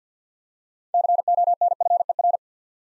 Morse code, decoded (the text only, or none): CONFER